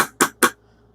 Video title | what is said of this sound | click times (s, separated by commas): Ozark Trail 6947 Glacier: Middle of the Iceberg | Yep, you see? I just did pop that screw clear out. | 0.2 s